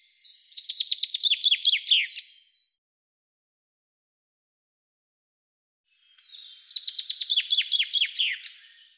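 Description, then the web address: Common chaffinch song: two bright descending trilled phrases of two to three seconds each, ending in a flourish, separated by a long silent gap; no other sounds. "Deverinetal 2025 File cleaned normalized Bird Fr Co"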